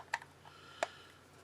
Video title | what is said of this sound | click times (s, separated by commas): Pac Man Action Figure! (Tamashii Nations) | it just snaps into place | 0.1 s, 0.8 s